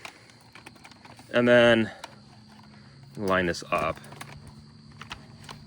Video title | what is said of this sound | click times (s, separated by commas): Does this UWANT V500 Cordless Vac Outperform Other Stick Vacuums? - Review & Demo #productreview | lock it in place. Okay. Easily clicks back into place. | 5.1 s